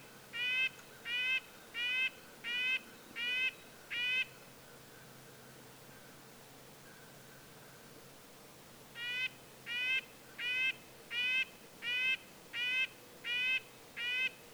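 Red-breasted nuthatch repeating short nasal toots: six rapid notes, about five seconds of quiet, then eight more at the same brisk pace.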